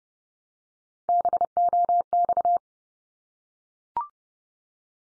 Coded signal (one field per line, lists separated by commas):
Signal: Morse code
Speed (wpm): 30 wpm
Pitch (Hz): 700 Hz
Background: none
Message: BOX